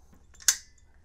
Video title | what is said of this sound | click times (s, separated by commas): 6mm ARC - Still just getting started | All right, here we go. Snapped right in. | 0.5 s